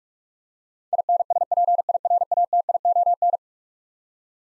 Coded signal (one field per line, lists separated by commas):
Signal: Morse code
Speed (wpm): 46 wpm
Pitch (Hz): 700 Hz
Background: none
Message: INSPIRATION